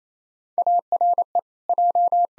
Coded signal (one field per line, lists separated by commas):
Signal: Morse code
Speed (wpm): 27 wpm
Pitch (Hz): 700 Hz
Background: none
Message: ARE J